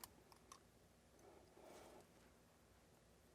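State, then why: Not seated. A component is being handled as it is slid into a mounting groove in a PC case. Short sharp ticks are heard at about 0.0, 0.3 and 0.5 seconds, followed by a soft scraping rustle around 1.2 to 2.0 seconds. Nothing has seated or clicked into place yet.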